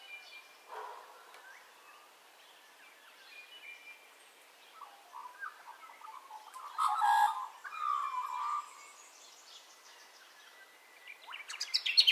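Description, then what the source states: Bird: dawn chorus of mixed birds with whistles and twitters, a louder warbling passage in the middle, and a burst of rapid high notes at the end. Dawn ambience of bird calls, recorded in stereo.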